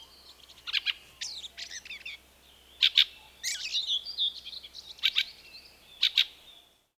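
Fieldfare song: squeaky, scratchy chattering runs mixed with harsh chack clicks, the last few spaced about a second apart.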